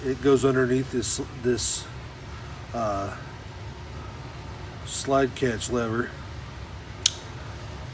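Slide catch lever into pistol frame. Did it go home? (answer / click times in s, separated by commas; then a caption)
yes / 7.1 s. Someone talks while the slide catch lever of a Glock G23 is pushed from inside the pistol frame until it snaps into place. A single sharp click is heard at 7.1 seconds as the lever seats, and it is then checked to move up and down.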